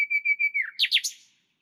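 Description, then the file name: Common nightingale phrase: a few steady whistled notes slurring downward, followed by three quick sweeping chirps that fade out. "Luscinia megarhynchos"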